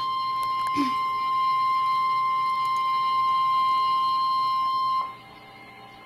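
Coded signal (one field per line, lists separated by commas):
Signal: Emergency Alert System (SAME) tones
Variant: 1050 Hz attention tone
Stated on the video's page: Flash Flood Warning received on NOAA Weather Radio.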